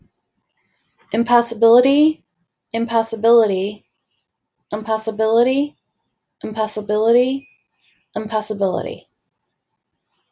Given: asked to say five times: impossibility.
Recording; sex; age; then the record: repeated word; female; 40 to 49 years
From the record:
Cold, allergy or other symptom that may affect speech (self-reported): no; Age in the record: 41 years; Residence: Michigan, United States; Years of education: 12